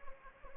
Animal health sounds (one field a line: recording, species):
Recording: mosquito wingbeat signal from an infrared sensor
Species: Anopheles gambiae